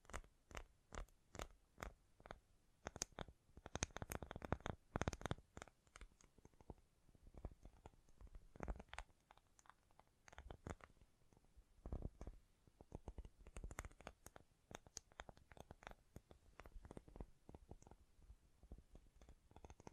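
Tapping sounds come in quick, irregular bursts throughout, each tap a sharp click spanning low thuds to bright ticks. Clusters gather densely around four to five seconds and again near twelve and fifteen seconds, with sparser, softer scratching taps in between.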